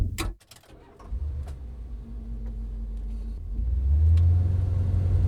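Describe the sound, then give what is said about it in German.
A few sharp clunks at the start, then a car engine catches and settles into a low, steady rumble that swells louder and deeper as the vehicle pulls away. No one speaks. “Ich zahle und komme zum Auto.”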